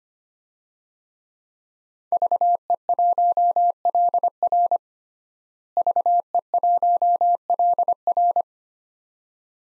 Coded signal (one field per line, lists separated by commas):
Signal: Morse code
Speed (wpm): 25 wpm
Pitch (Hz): 700 Hz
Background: none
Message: VE1LR VE1LR